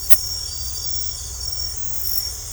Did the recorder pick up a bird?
no